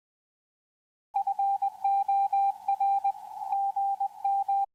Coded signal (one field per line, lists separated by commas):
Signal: Morse code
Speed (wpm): 20 wpm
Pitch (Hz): 790 Hz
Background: none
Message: FOR GM